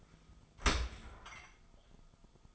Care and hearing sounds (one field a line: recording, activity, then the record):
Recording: daily activity, microphone in the room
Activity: open dishwasher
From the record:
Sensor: 5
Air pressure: 1004.7 hPa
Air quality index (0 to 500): 92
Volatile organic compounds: 2 ppm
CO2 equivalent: 1117 ppm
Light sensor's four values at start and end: 32/74/30/30 and 32/74/30/29